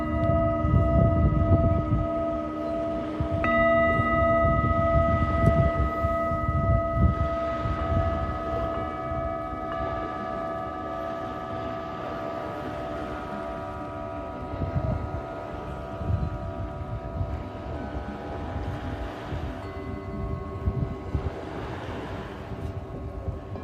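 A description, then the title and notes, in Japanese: Singing bowls ring in long, steady overlapping tones, one struck near three seconds, humming on with a low rumbling beneath throughout. メキシコから シンギングボウルのサウンドヒーリング ライブ。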